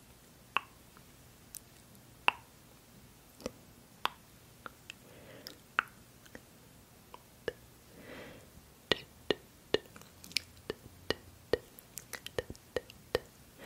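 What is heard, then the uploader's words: Crisp tongue clicks and soft mouth sounds pop irregularly, thickening into rapid bursts near the end, with faint rustles. ASMR Mirrored Touch and Tongue Clicking - face touching, personal attention, mouth sounds.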